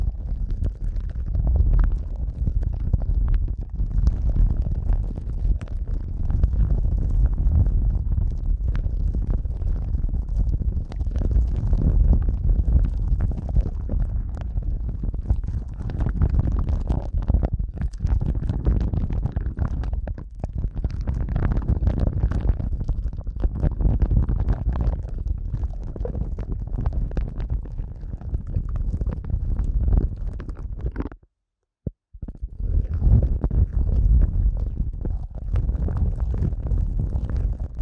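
Eardrum massage sounds: a dense, continuous low rubbing and muffled thumping, heavy in the bass with little brightness above. The texture churns steadily with small swells, and near the 31-second mark it cuts to silence for about a second before resuming.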